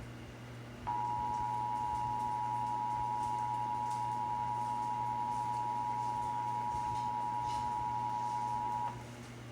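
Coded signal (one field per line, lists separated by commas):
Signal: Emergency Alert System (SAME) tones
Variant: 853 and 960 Hz attention tone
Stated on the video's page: Texas required monthly test heard on several radio and television stations.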